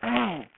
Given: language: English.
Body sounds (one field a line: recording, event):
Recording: throat vibration sensor signal played as sound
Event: throat clearing